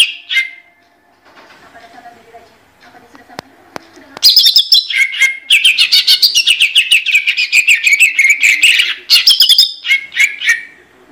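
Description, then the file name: Greater green leafbird song: after a brief opening phrase and about four quiet seconds, a loud burst of rapid, varied chattering and whistled notes, continuing fast to the end. Competition-winning bird at national level. "suara cucak ijo juara nasional"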